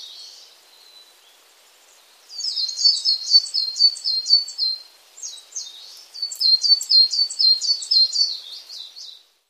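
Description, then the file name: Coal tit singing high, quick repeated notes after about two seconds of near silence, two runs of the phrase separated by a brief, softer gap. "진박새"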